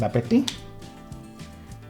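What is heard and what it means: A second SO-DIMM RAM module is handled at an angle at a laptop's memory slot while someone talks over background music. A brief tap is heard near 0.5 s, followed by quieter handling noise. Nothing has seated or clicked yet.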